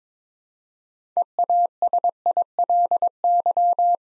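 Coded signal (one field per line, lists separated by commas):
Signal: Morse code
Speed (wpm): 22 wpm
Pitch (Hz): 700 Hz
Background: none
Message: EASILY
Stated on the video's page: Morse code practice at 22 wpm: six-letter words for head-copy, each sent twice, aimed at instant character recognition.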